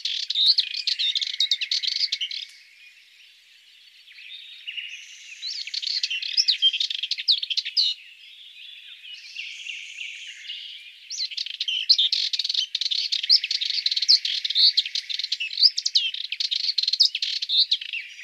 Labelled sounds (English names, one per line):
Sardinian Warbler song